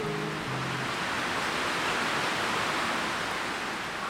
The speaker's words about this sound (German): Über uns biegen sich die Baumwipfel im Wind. Es ist stürmisch, aber nur da oben. Ein Schwanken um uns herum und ein Rauschen. Sind wir noch im Wald oder schon am Meer?